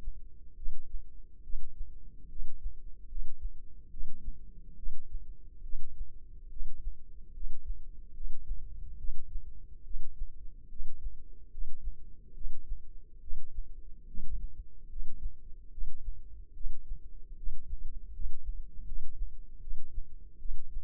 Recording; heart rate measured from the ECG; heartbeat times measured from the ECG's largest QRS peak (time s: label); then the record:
heart sounds by microphone in the left ear; 73 bpm
0.55 s: heartbeat
1.41 s: heartbeat
2.28 s: heartbeat
3.07 s: heartbeat
3.89 s: heartbeat
4.75 s: heartbeat
5.61 s: heartbeat
6.48 s: heartbeat
7.32 s: heartbeat
8.12 s: heartbeat
8.96 s: heartbeat
9.82 s: heartbeat
10.68 s: heartbeat
11.49 s: heartbeat
12.33 s: heartbeat
13.19 s: heartbeat
14.06 s: heartbeat
14.88 s: heartbeat
15.69 s: heartbeat
16.53 s: heartbeat
17.35 s: heartbeat
18.11 s: heartbeat
18.84 s: heartbeat
19.59 s: heartbeat
20.37 s: heartbeat
From the record:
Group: healthy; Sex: female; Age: 19 years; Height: 163 cm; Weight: 51 kg